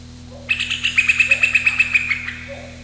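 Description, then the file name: Common cuckoo giving a rapid bubbling trill of many quick, even, high notes lasting nearly two seconds. Recorded 25 May 1992. "Ccanoris 25 05 92"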